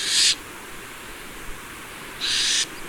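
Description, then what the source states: Burrowing Owl defensive rasp: two short, harsh, hissing buzzes about two seconds apart, sounding like a rattlesnake's rattle, with near silence between them. Defensive call imitating the sound of rattlesnakes, a warning meaning 'I'm dangerous'; very watchful birds that make excited bobbing movements.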